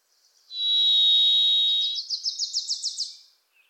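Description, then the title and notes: Varied thrush song: a long, even, vibrant whistled tone, with a rising run of several rapid chips from a second bird at its close. Singing from deep within forest in the Pacific Northwest; voice reverberant and hard to locate; a Wilson's Warbler singing alongside. "The Varied Thrush, Ixoreus naevius, is a wisp in the forests of the Pacific Northwest."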